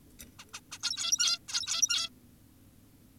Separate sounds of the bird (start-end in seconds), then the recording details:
0.39-0.45, 0.54-0.60, 0.72-0.78, 0.83-1.39, 1.48-2.10. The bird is an adult. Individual g17y2U